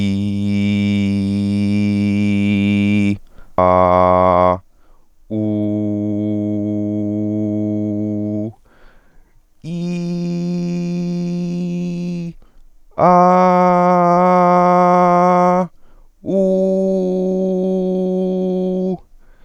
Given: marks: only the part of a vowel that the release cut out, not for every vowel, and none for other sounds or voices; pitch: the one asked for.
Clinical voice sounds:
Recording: sustained vowels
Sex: male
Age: 20 to 29 years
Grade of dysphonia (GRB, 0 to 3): 1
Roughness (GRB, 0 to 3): 1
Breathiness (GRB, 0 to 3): 1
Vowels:
0.00-2.98 s: vowel /i/, normal pitch
3.63-4.47 s: vowel /a/, normal pitch
5.48-8.32 s: vowel /u/, normal pitch
9.84-12.13 s: vowel /i/, high pitch
13.25-15.40 s: vowel /a/, high pitch
16.44-18.83 s: vowel /u/, high pitch
From the record:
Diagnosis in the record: healthy voice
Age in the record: 25 years

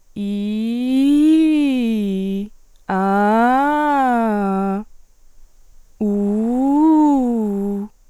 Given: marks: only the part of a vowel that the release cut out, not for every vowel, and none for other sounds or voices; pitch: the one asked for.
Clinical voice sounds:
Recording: sustained vowels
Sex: female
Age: 20 to 29 years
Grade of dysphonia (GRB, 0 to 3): 0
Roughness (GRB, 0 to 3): 0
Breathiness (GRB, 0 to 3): 0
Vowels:
0.26-2.34 s: vowel /i/, low-high-low pitch
2.97-4.71 s: vowel /a/, low-high-low pitch
6.20-7.74 s: vowel /u/, low-high-low pitch
From the record:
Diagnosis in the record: healthy voice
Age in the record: 20 years

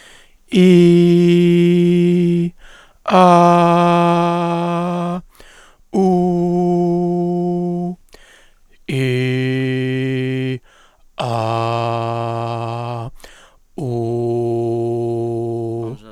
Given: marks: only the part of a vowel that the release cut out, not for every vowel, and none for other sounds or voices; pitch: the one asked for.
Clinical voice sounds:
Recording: sustained vowels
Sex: male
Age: 50 to 59 years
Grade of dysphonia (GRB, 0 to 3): 1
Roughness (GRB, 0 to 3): 1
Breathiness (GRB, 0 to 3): 0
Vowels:
0.65-2.38 s: vowel /i/, high pitch
3.33-5.11 s: vowel /a/, high pitch
6.05-7.81 s: vowel /u/, high pitch
11.38-12.93 s: vowel /a/, low pitch
13.98-15.77 s: vowel /u/, low pitch
From the record:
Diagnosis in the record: leukoplakia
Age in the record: 56 years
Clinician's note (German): Zustand nach Leukoplakieabtragung, kleine Narbe rechts mit phonatorisch partiellem Stillstand; hyperfunktionelle Kompensation, deutliche Dysphonie

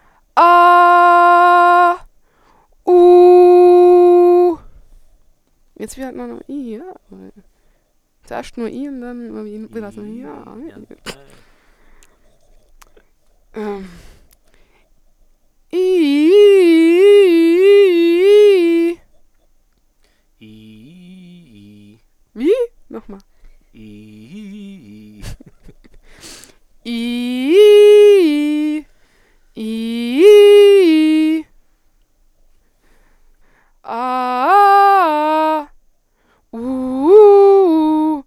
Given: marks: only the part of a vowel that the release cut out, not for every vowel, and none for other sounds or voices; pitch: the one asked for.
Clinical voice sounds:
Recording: sustained vowels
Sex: female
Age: 20 to 29 years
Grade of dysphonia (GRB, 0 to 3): 0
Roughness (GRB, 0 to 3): 0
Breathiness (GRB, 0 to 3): 0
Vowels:
0.46-1.55 s: vowel /a/, high pitch
2.99-4.35 s: vowel /u/, high pitch
27.01-28.63 s: vowel /i/, low-high-low pitch
33.95-35.57 s: vowel /a/, low-high-low pitch
37.20-38.01 s: vowel /u/, low-high-low pitch
From the record:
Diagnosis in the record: healthy voice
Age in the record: 21 years

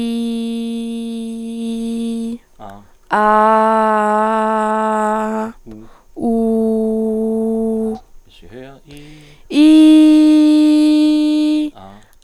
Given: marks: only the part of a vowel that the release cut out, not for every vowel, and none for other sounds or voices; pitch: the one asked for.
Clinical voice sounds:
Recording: sustained vowels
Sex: female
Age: 20 to 29 years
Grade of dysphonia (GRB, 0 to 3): 1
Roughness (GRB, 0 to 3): 1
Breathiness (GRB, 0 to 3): 0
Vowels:
0.00-2.00 s: vowel /i/, normal pitch
3.58-5.31 s: vowel /a/, normal pitch
6.28-7.85 s: vowel /u/, normal pitch
9.93-11.56 s: vowel /i/, high pitch
From the record:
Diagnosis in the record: healthy voice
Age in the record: 20 years

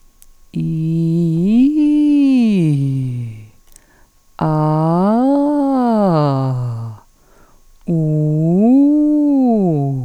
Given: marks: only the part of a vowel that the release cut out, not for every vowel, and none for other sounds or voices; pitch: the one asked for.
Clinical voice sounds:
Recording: sustained vowels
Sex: female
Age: 50 to 59 years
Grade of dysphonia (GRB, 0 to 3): 2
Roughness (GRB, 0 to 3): 0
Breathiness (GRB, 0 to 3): 2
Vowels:
0.64-2.66 s: vowel /i/, low-high-low pitch
4.52-6.48 s: vowel /a/, low-high-low pitch
7.97-9.87 s: vowel /u/, low-high-low pitch
From the record:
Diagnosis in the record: dysphonia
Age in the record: 51 years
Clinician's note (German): Ponogen und phonasthetisch

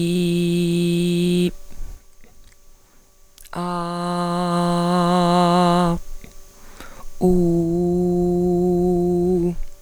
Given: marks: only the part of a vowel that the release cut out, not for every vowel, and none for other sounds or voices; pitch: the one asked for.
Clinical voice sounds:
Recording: sustained vowels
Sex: female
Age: 50 to 59 years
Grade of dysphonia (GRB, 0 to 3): 2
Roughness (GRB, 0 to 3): 2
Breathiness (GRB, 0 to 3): 2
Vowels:
0.00-1.35 s: vowel /i/, normal pitch
4.41-5.81 s: vowel /a/, normal pitch
7.75-9.35 s: vowel /u/, normal pitch
From the record:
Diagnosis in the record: dysodia (singing voice disorder)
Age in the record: 50 years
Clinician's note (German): Ausgebildete Gesangsstimme

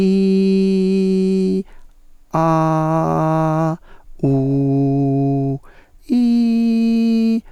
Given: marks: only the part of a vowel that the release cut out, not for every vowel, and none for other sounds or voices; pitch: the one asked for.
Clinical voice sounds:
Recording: sustained vowels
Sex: male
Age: 60 to 69 years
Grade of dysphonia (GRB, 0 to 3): 0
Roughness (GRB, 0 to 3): 0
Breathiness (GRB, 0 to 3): 0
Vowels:
0.00-1.50 s: vowel /i/, normal pitch
2.40-3.65 s: vowel /a/, normal pitch
4.29-5.45 s: vowel /u/, normal pitch
6.22-7.25 s: vowel /i/, high pitch
From the record:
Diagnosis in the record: hyperfunctional dysphonia, diplophonia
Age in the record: 62 years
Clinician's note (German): Ausgeprägt mit Phonationsverdickung

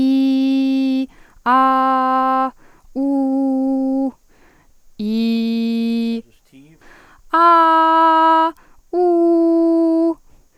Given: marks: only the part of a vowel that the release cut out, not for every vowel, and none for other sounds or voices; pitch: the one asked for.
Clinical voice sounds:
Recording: sustained vowels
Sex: female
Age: 18 to 19 years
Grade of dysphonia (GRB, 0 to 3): 0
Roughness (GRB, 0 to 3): 0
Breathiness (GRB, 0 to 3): 0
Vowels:
0.00-0.97 s: vowel /i/, normal pitch
1.57-2.41 s: vowel /a/, normal pitch
3.05-4.02 s: vowel /u/, normal pitch
7.50-8.43 s: vowel /a/, high pitch
9.03-10.05 s: vowel /u/, high pitch
From the record:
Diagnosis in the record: healthy voice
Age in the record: 19 years

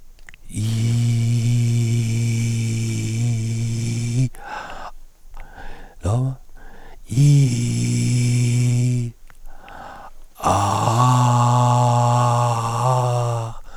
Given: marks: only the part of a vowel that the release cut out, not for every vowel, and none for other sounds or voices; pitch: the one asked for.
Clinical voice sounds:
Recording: sustained vowels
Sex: male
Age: 40 to 49 years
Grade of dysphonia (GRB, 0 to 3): 3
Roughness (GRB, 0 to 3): 2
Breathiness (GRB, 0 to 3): 3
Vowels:
0.77-2.76 s: vowel /i/, high pitch
7.25-8.97 s: vowel /i/, low-high-low pitch
10.94-12.93 s: vowel /a/, high pitch
From the record:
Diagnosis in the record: recurrent laryngeal nerve paralysis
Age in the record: 47 years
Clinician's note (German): Frische links in Intermediärstellung, starke Verhauchung; keine stroboskopische Restbeweglichkeit; kein hyperfunktioneller Kompensationsversuch

